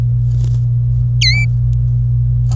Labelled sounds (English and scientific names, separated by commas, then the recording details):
Domestic Canary (Serinus canaria) song
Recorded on 26 April 2018 at 08:15
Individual llb3